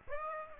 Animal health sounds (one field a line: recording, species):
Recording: mosquito wingbeat signal from an infrared sensor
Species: Aedes aegypti